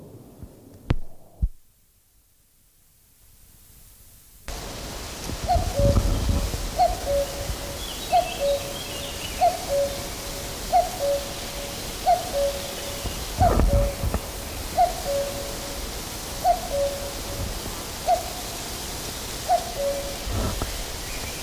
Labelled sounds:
Common Cuckoo (Cuculus canorus)
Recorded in the wild
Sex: male
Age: adult
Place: Mühlenbecker Wald, Brandenburg, DE
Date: 1997-06-07 13:50
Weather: ca. 26°C, heiter, böiger Wind
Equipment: Nagra SN, Kopie Uher 4000 Report Monitor
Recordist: Tembrock, Günter

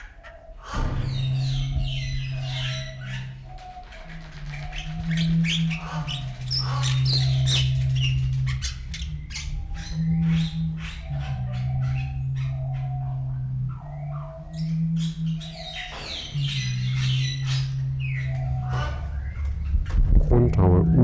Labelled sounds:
Bali Myna (Leucopsar rothschildi)
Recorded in captivity
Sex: male
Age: adult
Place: Zoo Berlin, Berlin, DE
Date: 1994-03-12 11:40
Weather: leichter Regen, 7°C
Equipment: Marantz CP 430, Sennheiser ME 80, Kopie Uher Variocord 263
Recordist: Tembrock, Günter

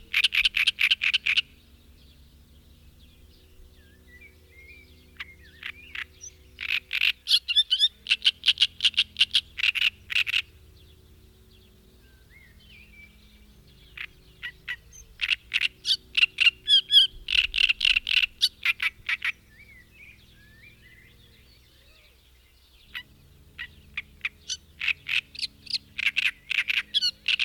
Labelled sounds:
Great Reed Warbler (Acrocephalus arundinaceus) song
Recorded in the wild
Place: Balcik, Varna, BG
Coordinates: 43.427, 28.162
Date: 1974-06-07 05:00
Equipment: Nagra III BH, Sennheiser MD 21, parabola
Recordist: Schubert, Michael

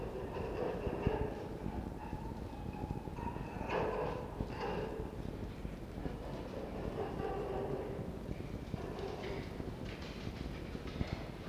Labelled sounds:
Red Fox (Vulpes vulpes)
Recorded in captivity
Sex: male
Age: diverse
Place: Zoologisches Institut der HUB, Berlin, DE
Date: 1952-06-11 19:15
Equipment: Elmetra
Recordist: Tembrock, Günter
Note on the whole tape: Jupp läuft hinter Toni her, der ebenfalls umherläuft. Jupp: Muffen (mit Fleisch); Welpe Toni: "ri-ri-ri"

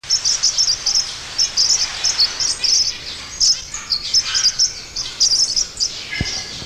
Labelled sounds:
Orange-breasted Waxbill (Amandava subflava) call
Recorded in captivity
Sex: group
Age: adult
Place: Zoo Berlin, Berlin, DE
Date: 1986-02-07 10:26
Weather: sunny, -10°C
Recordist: Tembrock, Günter

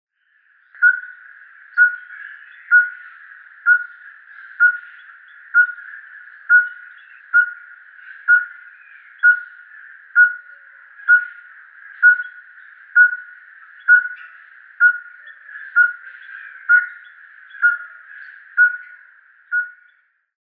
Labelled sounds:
Speckled Tinkerbird (Pogoniulus scolopaceus)
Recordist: Tembrock, Günter
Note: Lautsequenz

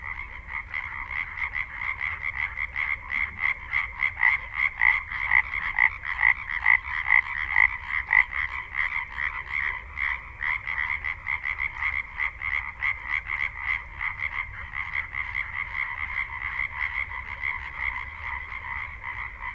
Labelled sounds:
Common Tree Frog (Hyla arborea) call
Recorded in the wild
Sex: male
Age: adult
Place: Kützerhof, Kummerower See, Mecklenburg-Vorpommern, DE
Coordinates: 53.8542, 12.8578
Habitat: wetland
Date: 2010-04-13 23:00
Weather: klare Nacht, 8°C, windstill, Wassertemperatur 10°C
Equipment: Sound Devices 702, zwei Sennheiser MKH 40, Rycote Windschutz
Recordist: Frommolt, Karl-Heinz
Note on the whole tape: Polder Große Rosin vor Pappelreihe: Rufe von Laubfröschen. Tiere rufen im Gewässer

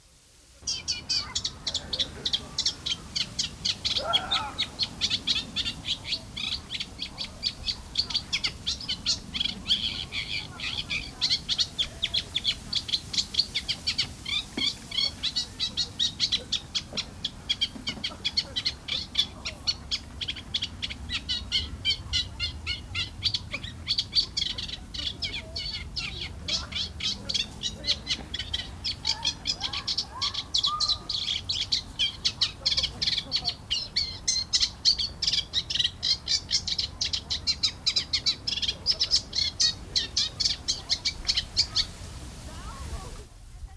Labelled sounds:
Eurasian Reed Warbler (Acrocephalus scirpaceus)
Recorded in the wild
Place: Seddiner See, Brandenburg, DE
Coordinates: 52.27, 13.01
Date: 1995-07-23 13:35
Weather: heiter, böiger Wind, 18°C
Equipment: Sony WM-D6C, Sennheiser ME 80, Kopie Uher 4000 Report Monitor
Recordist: Tembrock, Günter

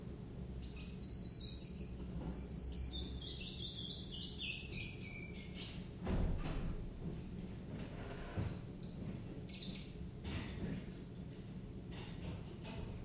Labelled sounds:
Willow Warbler (Phylloscopus trochilus)
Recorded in captivity
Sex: male
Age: juvenile
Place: Zoologisches Institut Universität Tübingen, Baden-Württemberg, DE
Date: 1966-07-26 11:10
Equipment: Nagra III PH, MD 421, LGS26
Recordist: Schneider, Hans-Joachim

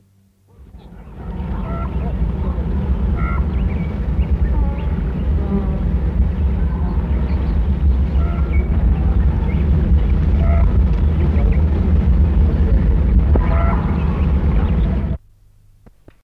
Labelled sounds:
Lesser Spotted Eagle (Aquila pomarina) call
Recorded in the wild
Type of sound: call
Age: adult
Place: GR
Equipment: Halbspur, 9,5 cm/s
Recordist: Lütgens, Hans
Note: Wald von "Kuri"

